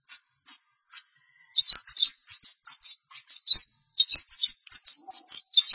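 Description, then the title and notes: Long-tailed shrike song: a few high thin notes, then continuous squeaky, twittering phrases repeated rapidly in a busy, varied stream. Recorded March 2017. "Pentet 201703. Suara burung pentet"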